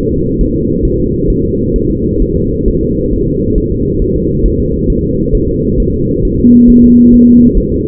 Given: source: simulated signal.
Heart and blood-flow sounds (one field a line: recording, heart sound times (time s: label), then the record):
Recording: fetal heart sounds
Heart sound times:
0.12 s: S2
0.41 s: S1
0.56 s: S2
0.85 s: S1
1.00 s: S2
1.30 s: S1
1.44 s: S2
1.76 s: S1
1.90 s: S2
2.22 s: S1
2.37 s: S2
2.68 s: S1
2.83 s: S2
3.13 s: S1
3.28 s: S2
3.58 s: S1
3.72 s: S2
4.02 s: S1
4.16 s: S2
4.46 s: S1
4.60 s: S2
4.90 s: S1
5.04 s: S2
5.35 s: S1
5.49 s: S2
5.80 s: S1
5.94 s: S2
6.25 s: S1
6.39 s: S2
6.70 s: S1
6.84 s: S2
7.14 s: S1
7.28 s: S2
7.57 s: S1
7.72 s: S2
From the record:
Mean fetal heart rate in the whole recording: 135 bpm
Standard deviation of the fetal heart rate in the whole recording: 3 bpm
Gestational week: 36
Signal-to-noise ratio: -10.2 dB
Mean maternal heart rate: 72 bpm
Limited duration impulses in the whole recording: present